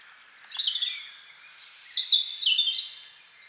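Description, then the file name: European robin song: a thin, high, warbling phrase of sliding notes that leaps to a very high whistle, then steps back down, over faint background hiss. "Erithacus rubecula"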